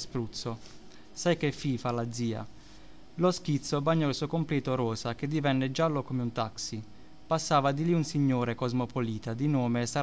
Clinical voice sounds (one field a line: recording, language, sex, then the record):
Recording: read passage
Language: Italian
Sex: male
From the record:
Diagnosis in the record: healthy control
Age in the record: 29 years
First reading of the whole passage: 42 s, 12.4 characters per second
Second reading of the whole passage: 42 s, 12.2 characters per second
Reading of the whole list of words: 38 s, 7.3 characters per second